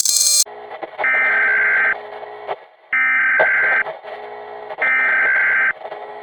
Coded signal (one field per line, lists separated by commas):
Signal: Emergency Alert System (SAME) tones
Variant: header bursts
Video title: EAS Scenario 1 - They are here now...